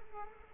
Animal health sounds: mosquito wingbeat signal from an infrared sensor; Culex quinquefasciatus

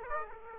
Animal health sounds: mosquito wingbeat signal from an infrared sensor; Aedes aegypti

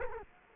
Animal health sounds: mosquito wingbeat signal from an infrared sensor; Culex quinquefasciatus

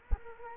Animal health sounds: mosquito wingbeat signal from an infrared sensor; Culex quinquefasciatus

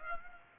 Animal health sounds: mosquito wingbeat signal from an infrared sensor; Culex pipiens

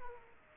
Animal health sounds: mosquito wingbeat signal from an infrared sensor; Aedes aegypti

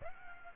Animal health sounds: mosquito wingbeat signal from an infrared sensor; Aedes aegypti

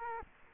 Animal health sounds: mosquito wingbeat signal from an infrared sensor; Culex quinquefasciatus

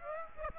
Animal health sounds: mosquito wingbeat signal from an infrared sensor; Aedes aegypti

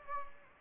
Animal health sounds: mosquito wingbeat signal from an infrared sensor; Anopheles gambiae

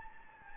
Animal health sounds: mosquito wingbeat signal from an infrared sensor; Anopheles gambiae

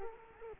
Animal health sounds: mosquito wingbeat signal from an infrared sensor; Culex quinquefasciatus

